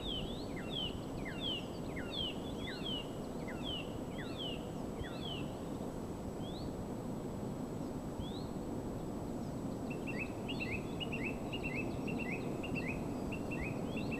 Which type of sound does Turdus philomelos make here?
song